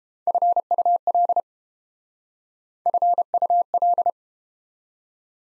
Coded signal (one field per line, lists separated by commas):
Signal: Morse code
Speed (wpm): 30 wpm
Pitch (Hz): 700 Hz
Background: none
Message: FUL FUL